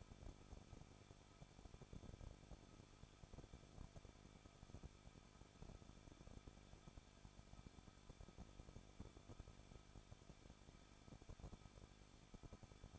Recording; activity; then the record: daily activity, microphone in the room; no activity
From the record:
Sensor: 5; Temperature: 20.8 degrees Celsius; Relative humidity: 38.6%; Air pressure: 1006.5 hPa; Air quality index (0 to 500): 192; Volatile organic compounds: 20 ppm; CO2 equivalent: 2705 ppm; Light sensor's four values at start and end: 2/3/1/1 and 2/3/1/1